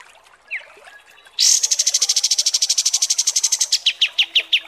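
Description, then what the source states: Kapas tembak song: a short upslurred note, then a loud rapid rattle of many high notes, slowing into separate spaced notes at the end. Masteran (song-training) recording of kapas tembak song, described as mewah.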